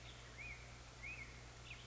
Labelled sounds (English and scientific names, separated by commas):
Black-headed Grosbeak (Pheucticus melanocephalus)